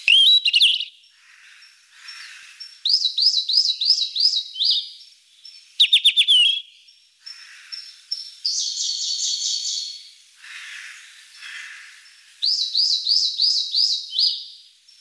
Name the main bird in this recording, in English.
Yellow-rumped Flycatcher